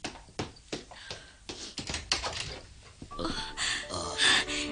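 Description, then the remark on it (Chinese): A run of light, irregular footsteps taps along for a few seconds, then a louder clatter and rustle as a door is opened. “等我去开门。”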